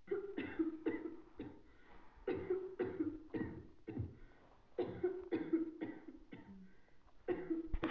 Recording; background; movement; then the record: deep breathing; a bystander coughing; sitting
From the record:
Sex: female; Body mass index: 21.8 kg/m2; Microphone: on the chest, facing the body